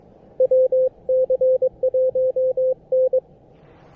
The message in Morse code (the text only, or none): WC1N